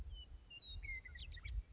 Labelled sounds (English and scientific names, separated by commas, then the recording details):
Western Meadowlark (Sturnella neglecta)
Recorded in Sonoma County, California